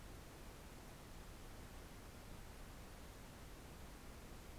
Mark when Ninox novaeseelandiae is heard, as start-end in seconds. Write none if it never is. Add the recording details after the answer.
none. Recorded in New Zealand on 4 June 2017. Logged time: 21:16. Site Taranaki